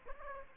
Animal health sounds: mosquito wingbeat signal from an infrared sensor; Aedes aegypti

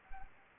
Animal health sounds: mosquito wingbeat signal from an infrared sensor; Anopheles arabiensis

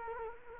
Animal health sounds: mosquito wingbeat signal from an infrared sensor; Culex quinquefasciatus

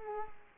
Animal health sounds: mosquito wingbeat signal from an infrared sensor; Culex quinquefasciatus

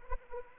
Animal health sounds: mosquito wingbeat signal from an infrared sensor; Anopheles arabiensis

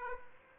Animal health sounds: mosquito wingbeat signal from an infrared sensor; Aedes aegypti

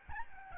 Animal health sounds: mosquito wingbeat signal from an infrared sensor; Aedes albopictus

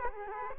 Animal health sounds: mosquito wingbeat signal from an infrared sensor; Culex quinquefasciatus

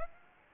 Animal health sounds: mosquito wingbeat signal from an infrared sensor; Aedes aegypti

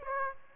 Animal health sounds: mosquito wingbeat signal from an infrared sensor; Aedes aegypti

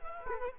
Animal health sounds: mosquito wingbeat signal from an infrared sensor; Culex quinquefasciatus

